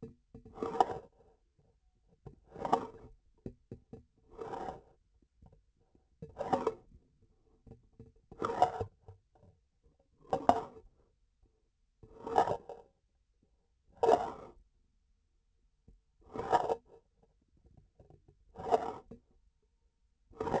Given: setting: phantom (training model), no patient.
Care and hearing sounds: laparoscopic instrument, vibration sensor on the handle end; grasping forceps; approaching and retracting movements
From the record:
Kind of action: spatial motion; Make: Olympus

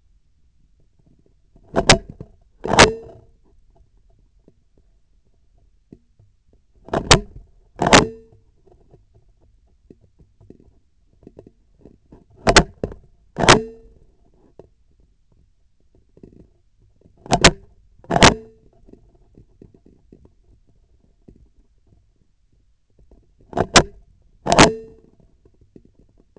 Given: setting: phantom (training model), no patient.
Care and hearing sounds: laparoscopic instrument, vibration sensor on the handle end; scissors; opening and closing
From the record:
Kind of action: tool actuation without material contact

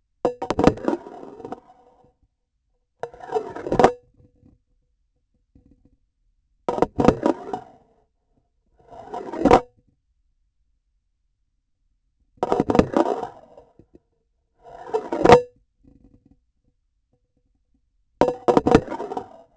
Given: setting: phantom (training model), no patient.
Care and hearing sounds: laparoscopic instrument, vibration sensor on the handle end; grasping forceps; insertion and removal through the trocar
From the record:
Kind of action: spatial motion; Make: Olympus

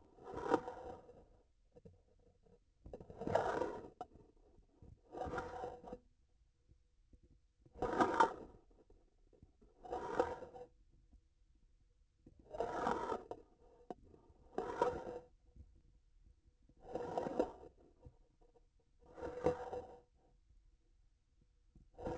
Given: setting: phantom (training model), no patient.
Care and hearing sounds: laparoscopic instrument, vibration sensor on the handle end; grasping forceps; approaching and retracting movements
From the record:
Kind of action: spatial motion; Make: Olympus

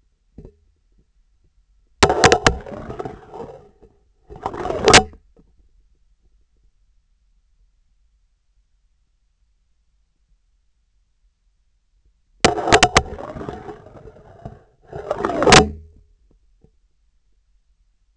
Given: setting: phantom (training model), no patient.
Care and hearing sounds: laparoscopic instrument, vibration sensor on the handle end; scissors; insertion and removal through the trocar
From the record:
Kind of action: spatial motion

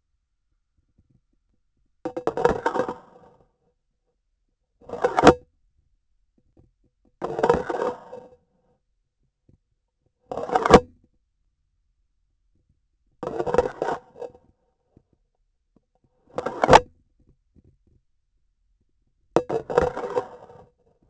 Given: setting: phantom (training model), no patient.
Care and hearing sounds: laparoscopic instrument, vibration sensor on the handle end; grasping forceps; insertion and removal through the trocar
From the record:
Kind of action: spatial motion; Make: Olympus

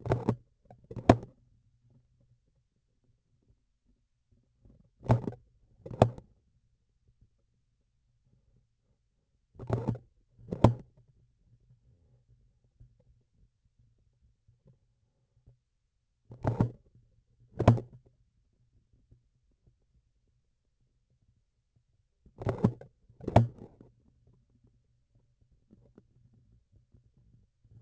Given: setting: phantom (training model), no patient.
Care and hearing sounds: laparoscopic instrument, vibration sensor on the handle end; grasping forceps; opening and closing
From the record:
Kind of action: tool actuation without material contact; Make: other than Olympus

